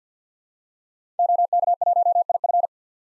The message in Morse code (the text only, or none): OK1IF